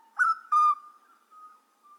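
Grey butcherbird giving two bright, piping whistled notes followed by a long, steady whistle.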